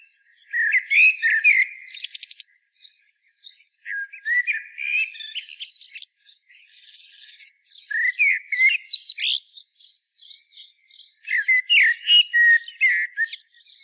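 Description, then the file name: Common blackbird singing repeated phrases of mellow whistles mixed with scratchy, high-pitched twittering, with short gaps between them. "Turdus merula"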